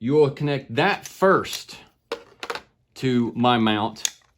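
Someone talks while handling the optional plastic angle shim against the plastic vinyl-siding mount for a Google Nest Battery and Wired Video Doorbell. A few short, sharp handling sounds come between about 2.1 and 2.6 seconds, during a pause in the talking. The shim has not seated or clicked into place yet.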